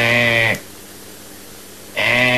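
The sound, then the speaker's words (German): A voice imitates a sheep with two loud, steady bleats separated by a pause of about a second and a half. Each bleat is nasal and buzzy with a fairly even pitch. “Ja, also, jetzt ein Schaf.”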